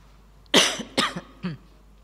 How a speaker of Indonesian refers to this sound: Contohnya, karena ada kalian ini, saya enggak bebas batuk. Coba di rumah saya batuk, wah sak kapoke semuanya. Tapi karena di sini batuknya agak digaya-gayakan. Itu karena ada orang lain.